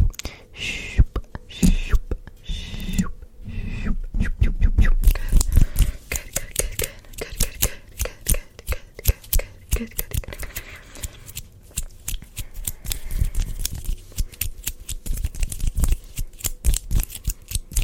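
Fast hand sounds and mouth sounds: a dense, rapid run of sharp taps, clicks and brushing strokes that keeps up for the whole stretch. Breathy, whispery mouth noises with some low rumble crowd the first five seconds, then sparse crisp clicks dominate.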